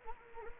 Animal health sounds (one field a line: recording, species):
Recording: mosquito wingbeat signal from an infrared sensor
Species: Anopheles arabiensis